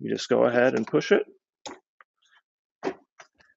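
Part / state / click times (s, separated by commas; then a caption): locking mechanism of a collapsible folding cart / seated / 1.7 s. Someone talks, then pushes the frame of an Olympia Tools 85-188 Pack-N-Roll folding collapsible service cart down until its plastic and metal locking mechanism engages. A sharp snap at 1.7 s marks the lock seating, followed by a few fainter ticks. The cart is locked down.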